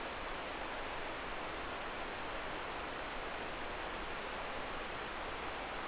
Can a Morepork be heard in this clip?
no